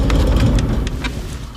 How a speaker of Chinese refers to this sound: 哎呦，真是雨下得太大了。这边还打雷呢。你听。听见没有？